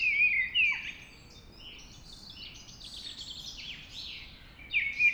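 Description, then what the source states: Mistle Thrush giving brief whistled warbling phrases at the start and end, with a quieter high bird chorus filling the gap. Singing at dawn.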